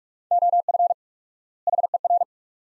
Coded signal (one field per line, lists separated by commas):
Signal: Morse code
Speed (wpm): 47 wpm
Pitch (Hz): 700 Hz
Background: none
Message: OF HER